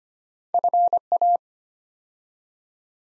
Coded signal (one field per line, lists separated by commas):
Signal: Morse code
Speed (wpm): 25 wpm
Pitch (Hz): 700 Hz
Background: none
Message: FA